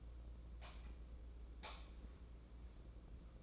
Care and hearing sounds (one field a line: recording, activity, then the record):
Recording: daily activity, microphone in the room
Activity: light on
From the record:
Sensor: 1